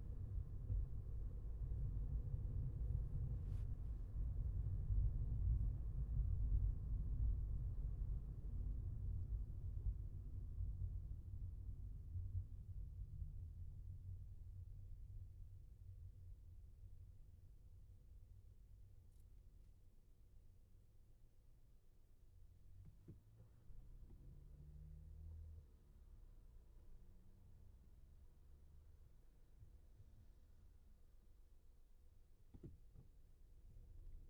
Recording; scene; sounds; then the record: everyday scene through a hearing-aid microphone; in a vehicle; engine, traffic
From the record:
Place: Skoda Fabia, gasoline engine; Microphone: behind the ear, left, rear